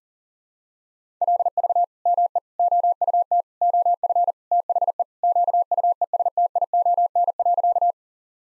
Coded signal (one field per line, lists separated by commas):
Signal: Morse code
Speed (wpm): 40 wpm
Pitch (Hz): 700 Hz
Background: none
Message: LV ME OUT OF THE QUESTION.